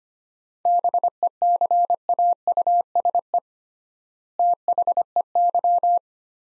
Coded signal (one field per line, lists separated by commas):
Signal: Morse code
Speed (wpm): 25 wpm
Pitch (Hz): 700 Hz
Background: none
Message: BECAUSE THEY